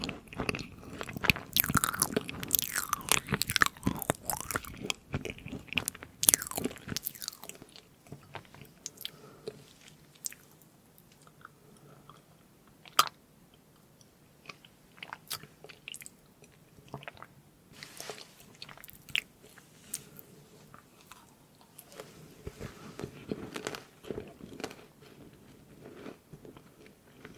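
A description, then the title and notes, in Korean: Eating sounds of macarons, meringue cookies and cake. The first seven seconds are dense with crisp, crunchy bites; after that come softer, sparser chewing and sticky mouth sounds, with an occasional sharp click around thirteen seconds. 마카롱 머랭쿠키 케이크 먹방 eating sounds. 마카롱 머랭쿠키 케이크 eating sounds.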